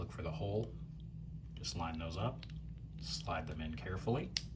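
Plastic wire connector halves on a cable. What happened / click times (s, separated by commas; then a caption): The plastic connector halves are being lined up and slid together but have not latched yet / none. Someone talks while lining up the notch and hole of two plastic wire connector halves over the black wire of a cable and sliding them together, with faint handling noise under the voice. The clip ends before the connector goes home, so nothing has seated or latched yet.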